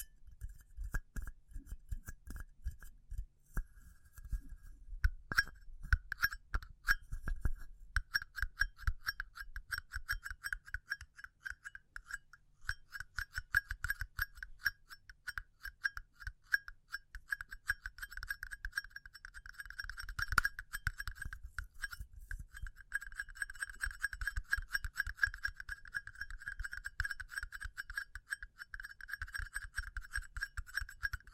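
Tapping runs throughout, sometimes slow and spaced, sometimes fast and dense, with crisp, clicky strikes carrying a bright ringing tone. The pace shifts often, with louder flurries around 5–7 seconds and near 20 seconds, and a low thump under some taps.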